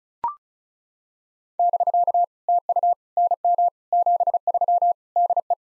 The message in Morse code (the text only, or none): <BK> TU NM 73 DE